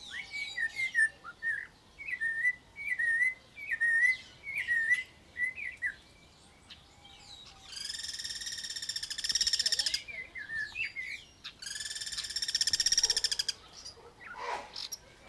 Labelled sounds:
Guira Cuckoo (Guira guira) call

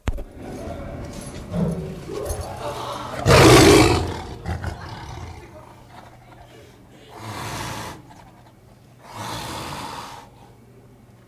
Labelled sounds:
Tiger (Panthera tigris)

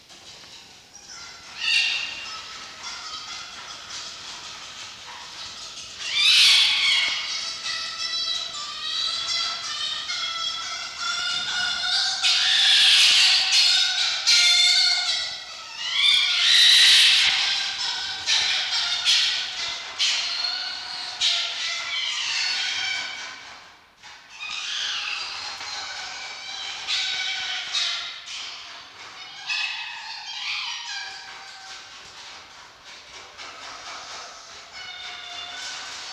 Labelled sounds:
Red Fox (Vulpes vulpes)

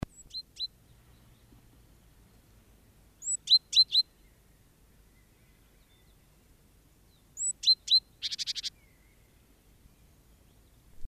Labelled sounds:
Great Tit (Parus major) song

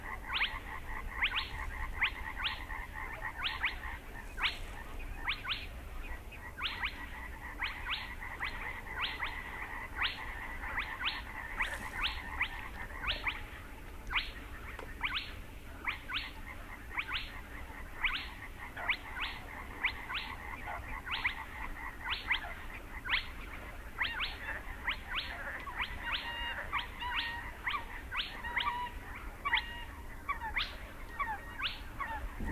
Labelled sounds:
Spotted Crake (Porzana porzana)

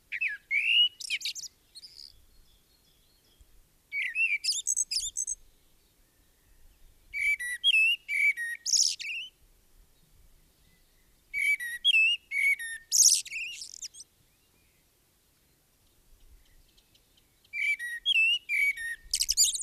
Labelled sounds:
Common Blackbird (Turdus merula) song

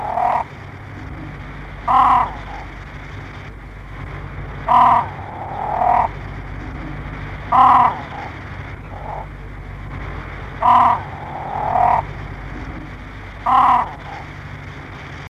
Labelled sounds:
Great Crested Grebe (Podiceps cristatus) call

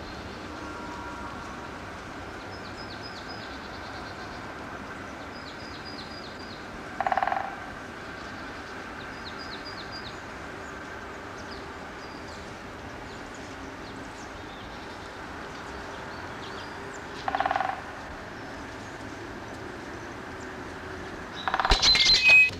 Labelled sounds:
Great Spotted Woodpecker (Dendrocopos major) drumming

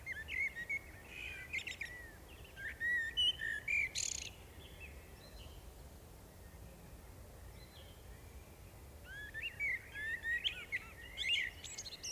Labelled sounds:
Common Blackbird (Turdus merula) song

